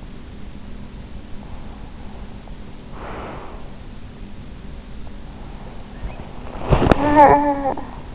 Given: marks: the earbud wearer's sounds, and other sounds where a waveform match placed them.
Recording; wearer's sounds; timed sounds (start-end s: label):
sounds in sleep by an in-ear microphone; breath, talking in sleep
1.43-3.95 s: breath
5.27-8.15 s: talking in sleep